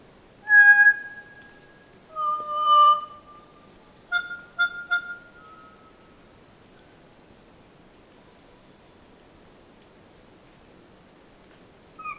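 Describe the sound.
Kokako song: slow, organ-like tonal notes, a held note, a lower mellow note, then a quick double note, followed by a long quiet gap.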